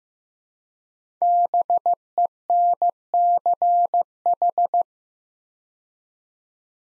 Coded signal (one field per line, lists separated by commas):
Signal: Morse code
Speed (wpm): 15 wpm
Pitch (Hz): 700 Hz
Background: none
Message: BENCH